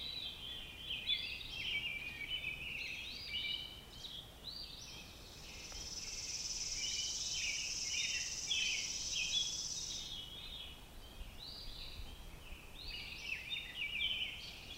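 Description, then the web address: Robin song, a busy run of twittering and warbled high notes, while a long even insect buzz drones for several seconds midway. "Sounds of Nature Robins"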